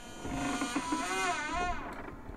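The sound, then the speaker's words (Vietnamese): The old, decaying wooden door of the Goddo family house, about four arm spans wide, is pushed open and creaks in one drawn-out, wavering groan, its pitch bending up and down for about two seconds before fading, with no voices. “Bạch Phàm hít sâu một hơi, vươn tay dứt khoát đẩy cửa. Âm thanh mục nát, cọt cả cọt kẹt vang lên.”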